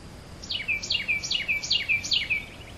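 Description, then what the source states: Bird chirps, a run of five quick high notes, each sliding steeply downward, delivered in rapid succession. Recorded in 2008.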